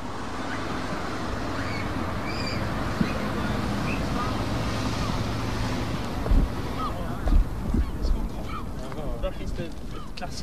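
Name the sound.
wind blowing outdoors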